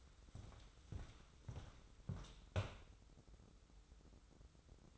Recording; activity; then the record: daily activity, microphone in the room; walk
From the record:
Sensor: 3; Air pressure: 994.3 hPa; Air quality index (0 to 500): 199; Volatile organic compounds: 1000 ppm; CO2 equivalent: 6602 ppm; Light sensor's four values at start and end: 112/266/108/101 and 120/281/116/108